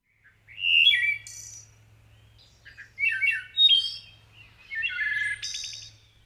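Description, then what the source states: Wood thrush song, clear fluted phrases ending in ringing, buzzy trills, three separate phrases roughly two seconds apart over a faint low hum. Song heralds the arrival of spring in the woods of Maine; the species is experiencing sharp declines.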